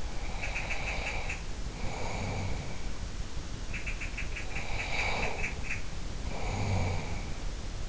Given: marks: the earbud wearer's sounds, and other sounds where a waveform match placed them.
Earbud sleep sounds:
sounds in sleep by an in-ear microphone; breath, snoring breath
0.00-2.76 s: breath
0.22-1.35 s: sound from someone else or the room
3.73-7.38 s: sound from someone else or the room
4.34-7.38 s: snoring breath

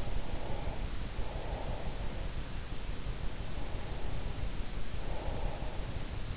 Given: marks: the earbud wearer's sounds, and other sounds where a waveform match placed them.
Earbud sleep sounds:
sounds in sleep by an in-ear microphone; breath
0.00-2.33 s: breath
3.10-5.95 s: breath

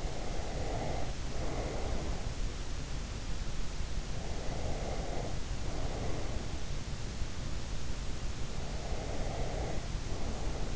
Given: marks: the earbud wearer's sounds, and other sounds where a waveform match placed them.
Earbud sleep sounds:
sounds in sleep by an in-ear microphone; breath
0.00-2.22 s: breath
4.32-6.36 s: breath
8.81-10.76 s: breath

